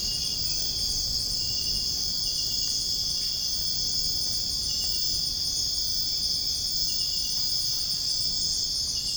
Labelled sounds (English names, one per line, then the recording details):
none
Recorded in dense forest near Puerto Asís, Putumayo, Colombia, on 23 June 2025 at 04:00
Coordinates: 0.481, -76.323
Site G072